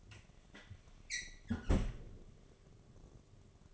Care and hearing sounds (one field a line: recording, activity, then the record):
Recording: daily activity, microphone in the room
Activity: close fridge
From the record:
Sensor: 4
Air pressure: 1005.5 hPa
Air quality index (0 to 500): 176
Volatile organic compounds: 5 ppm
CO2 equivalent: 1729 ppm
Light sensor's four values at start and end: 5/11/4/4 and 6/13/5/4